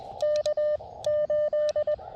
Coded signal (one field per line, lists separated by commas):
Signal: Morse code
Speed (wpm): 20 wpm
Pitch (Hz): 600 Hz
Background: radio noise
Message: K 8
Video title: CW POTA at K-2032 with the Elecraft KX2 and AX2 antenna